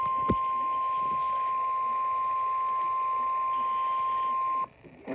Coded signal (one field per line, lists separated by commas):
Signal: Emergency Alert System (SAME) tones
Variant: 1050 Hz attention tone